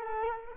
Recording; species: mosquito wingbeat signal from an infrared sensor; Culex quinquefasciatus